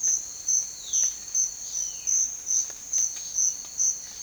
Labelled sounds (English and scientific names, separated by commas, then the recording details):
Violaceous Jay (Cyanocorax violaceus)
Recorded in secondary vegetation near Puerto Asís, Putumayo, Colombia, on 30 June 2025 at 07:30
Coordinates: 0.499, -76.323
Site G077